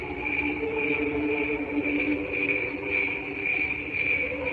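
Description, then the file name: Short stretch of cricket chirping, high pulses at a brisk even pace of about two per second, with low humming tones beneath. "canto grilli"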